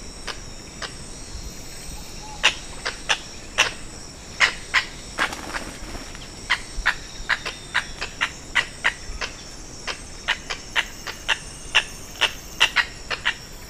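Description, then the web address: Red-necked aracari calls: short, sharp notes repeated in a fast irregular run that grows busier toward the end, with a constant high-pitched insect hum behind. "sound Red-necked-aracari. صدای-پرنده-پرزبان-گردنسرخ"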